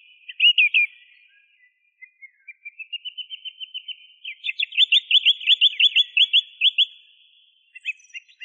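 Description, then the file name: Song thrush song opening with a quick trill, then soft rising notes building into a long series of bright, rapidly repeated chirps. Masteran recording, used for training songbirds. "suara masteran songthrush"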